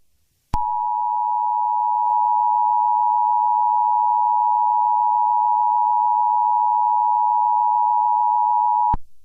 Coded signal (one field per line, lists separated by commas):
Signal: Emergency Alert System (SAME) tones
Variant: 853 and 960 Hz attention tone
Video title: eas scenario catemojibabyheat part 16